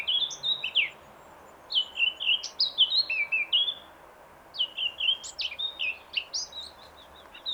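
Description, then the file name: Eurasian blackcap with three warbled phrases of slurred, fluty notes, separated by brief pauses. "Sylvia atricapilla"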